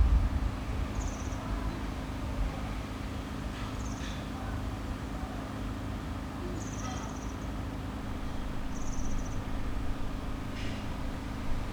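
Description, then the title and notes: European serin giving short, high, tinkling trills about every two to three seconds against constant low mechanical hum and faint clatter. Solitary bird beside a cycle path near the Sierroz, Allée Marcel Mailly, Aix-les-Bains, France; construction noise and a few passers-by. "Allée Marcel Mailly, 73100 Aix-les-Bains, France - Serin cini. Au bord de la piste cyclable près du Sierroz un serin cini solitaire"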